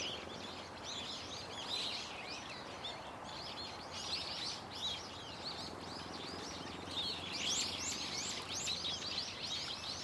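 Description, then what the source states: Birds: chorus with waves of sharp, high chirps over a faint background rumble. Birds calling and singing loudly and continuously from a tetrapod breakwater belt and its trees; recorded with microphone and camera.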